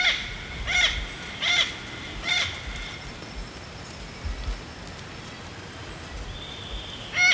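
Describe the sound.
Yellow-billed parrot with four rasping squawks at steady intervals at the start, then a quiet pause and one more call at the end.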